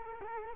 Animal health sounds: mosquito wingbeat signal from an infrared sensor; Culex quinquefasciatus

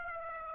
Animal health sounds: mosquito wingbeat signal from an infrared sensor; Aedes aegypti

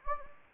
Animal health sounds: mosquito wingbeat signal from an infrared sensor; Anopheles gambiae

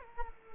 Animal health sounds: mosquito wingbeat signal from an infrared sensor; Culex quinquefasciatus

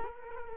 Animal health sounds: mosquito wingbeat signal from an infrared sensor; Culex quinquefasciatus

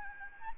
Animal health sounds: mosquito wingbeat signal from an infrared sensor; Aedes albopictus

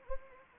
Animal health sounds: mosquito wingbeat signal from an infrared sensor; Anopheles arabiensis

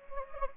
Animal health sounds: mosquito wingbeat signal from an infrared sensor; Anopheles gambiae

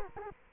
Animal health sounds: mosquito wingbeat signal from an infrared sensor; Culex quinquefasciatus

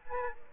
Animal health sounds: mosquito wingbeat signal from an infrared sensor; Aedes aegypti

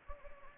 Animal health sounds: mosquito wingbeat signal from an infrared sensor; Anopheles gambiae

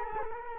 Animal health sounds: mosquito wingbeat signal from an infrared sensor; Culex quinquefasciatus

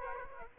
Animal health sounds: mosquito wingbeat signal from an infrared sensor; Aedes aegypti

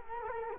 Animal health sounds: mosquito wingbeat signal from an infrared sensor; Culex quinquefasciatus

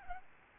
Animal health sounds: mosquito wingbeat signal from an infrared sensor; Aedes aegypti

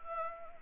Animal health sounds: mosquito wingbeat signal from an infrared sensor; Anopheles arabiensis

